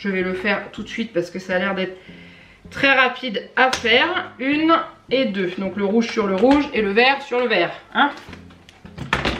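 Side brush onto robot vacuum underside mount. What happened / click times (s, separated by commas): Two small plastic parts clipped onto their mounts / 8.7 s, 9.1 s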